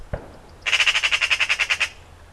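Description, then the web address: Eurasian Magpie chatter: a harsh, dry rattle of rapid notes lasting just over a second, preceded by a single short click. "Ocells Cultura Urraca común"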